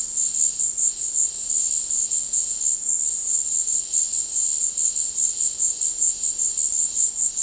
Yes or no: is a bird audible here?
no